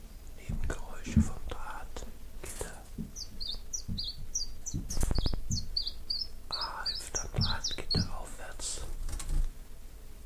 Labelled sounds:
Common Chiffchaff (Phylloscopus collybita)

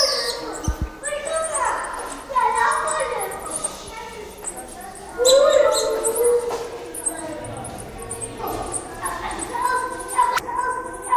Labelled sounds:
South American Coati (Nasua nasua) aggressive call

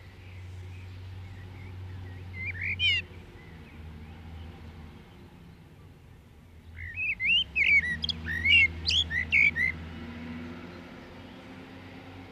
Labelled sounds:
Common Blackbird (Turdus merula) song

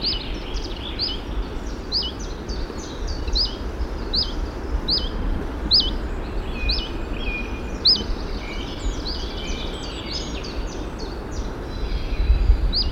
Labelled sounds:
Common Chiffchaff (Phylloscopus collybita) call

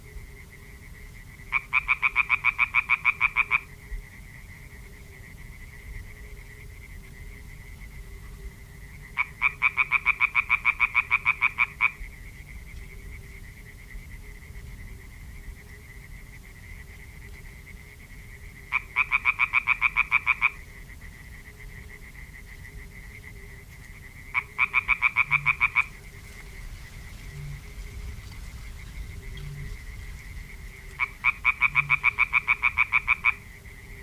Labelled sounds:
Common Tree Frog (Hyla arborea) call

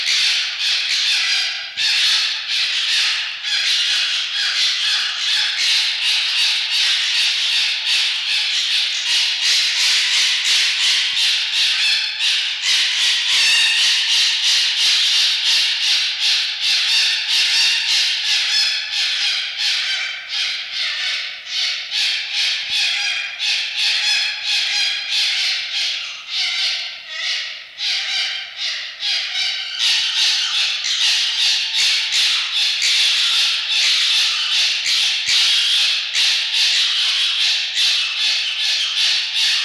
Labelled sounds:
Red Fox (Vulpes vulpes)

